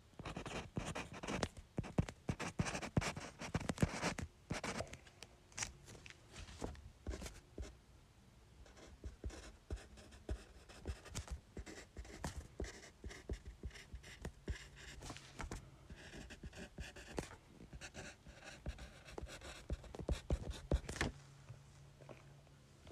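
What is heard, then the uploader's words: Pen or pencil writing letters on paper, heard as rapid, irregular scratches and taps in dense clusters. The strokes are busiest in the first seven seconds, then come in shorter bursts with brief pauses. A faint low hum runs steadily underneath. ASMR Writing Letters on Paper.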